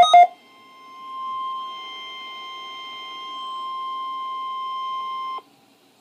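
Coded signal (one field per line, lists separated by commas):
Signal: Emergency Alert System (SAME) tones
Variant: 1050 Hz attention tone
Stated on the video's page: Required weekly EAS test.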